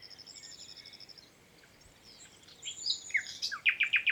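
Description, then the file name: Common nightingale singing: a fast run of high ticking notes, a brief quiet pause, then several loud repeated downslurred notes. "Luscinia megarhynchos"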